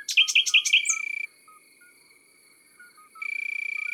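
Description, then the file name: Common nightingale giving a quick series of five repeated bright notes, then quiet, then a steady buzzing trill. Recorded in the countryside. "Rossignol philomele Chants doiseaux dans la campagne"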